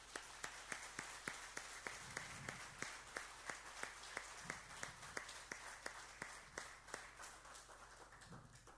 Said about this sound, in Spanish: Amén. ¿Por qué no le damos un aplauso al Señor?